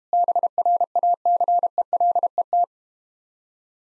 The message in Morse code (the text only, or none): BRACELET